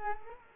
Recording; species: mosquito wingbeat signal from an infrared sensor; Culex quinquefasciatus